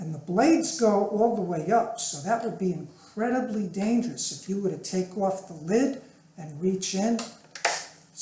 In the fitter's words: you've got your release button there it's locked into place okay